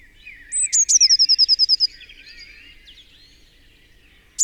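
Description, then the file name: Eurasian blue tit song: one phrase of thin high notes sliding into a quick, slightly falling trill, followed by soft twittering from other birds. "Cyanistes caeruleus"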